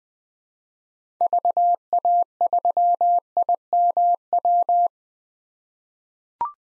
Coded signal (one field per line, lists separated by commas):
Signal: Morse code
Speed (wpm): 20 wpm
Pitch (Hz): 700 Hz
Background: none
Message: VA3IMW